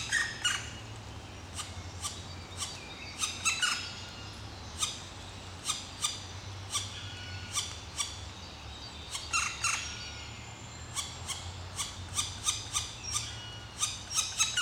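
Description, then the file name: Black woodpecker uttering a long series of short, clipped calls, sometimes in quick clusters, with faint higher songbird notes behind. "Zwarte Specht Dryocopus martius"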